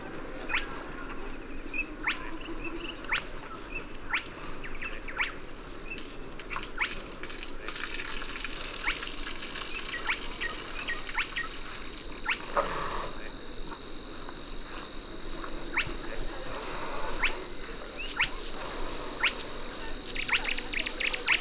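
Sedge warbler and reed bunting sing busily in rapid chirps and ticks, with a steady high whine and low rumble underneath throughout.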